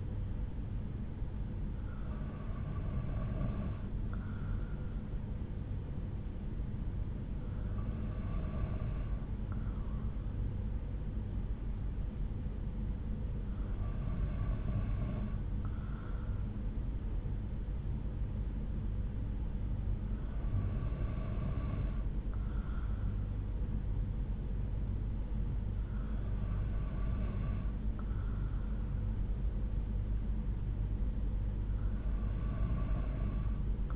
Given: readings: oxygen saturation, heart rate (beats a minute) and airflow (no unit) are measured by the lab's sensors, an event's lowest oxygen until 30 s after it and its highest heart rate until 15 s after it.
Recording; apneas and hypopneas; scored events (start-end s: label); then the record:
breathing in sleep by a smartphone at the bedside; none
none scored
From the record:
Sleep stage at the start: N2 (light sleep); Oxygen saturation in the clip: 93 to 94%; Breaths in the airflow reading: 6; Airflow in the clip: -3.7 to 3.6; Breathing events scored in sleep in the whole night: 368 in 8.0 hours asleep